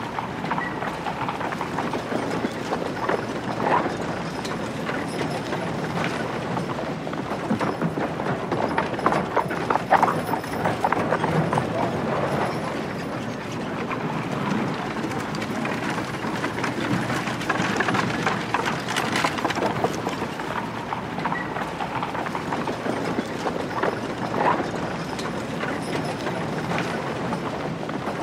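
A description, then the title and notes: Horse hooves clip-clop steadily over a dense rustling bed, with soft creaks and faint jingling scattered through the whole stretch. Old West Town: Historical Ambience. You can hear the soft creaking of the wooden buildings, the distant jingling of spurs, and the calming rustle of the leaves in the nearby trees. With no dialogue or voice, this episode features only natural soundscapes.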